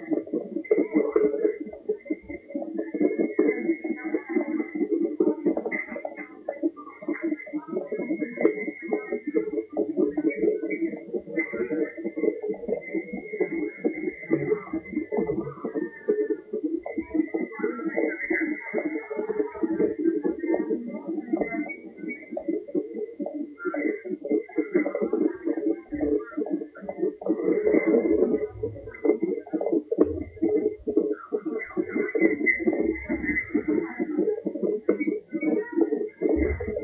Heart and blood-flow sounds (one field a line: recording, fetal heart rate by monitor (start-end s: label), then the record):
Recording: fetal heart sounds by stethoscope on the mother's abdomen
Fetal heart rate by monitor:
0.00-10.00 s: 137 bpm
10.00-20.00 s: 135 bpm
20.00-30.00 s: 137 bpm
30.00-36.84 s: 134 bpm
From the record:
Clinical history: severe hypoglycemia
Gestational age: 35 weeks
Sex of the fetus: girl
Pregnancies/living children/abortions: 1/0/0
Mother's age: 22 years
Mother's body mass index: 23.2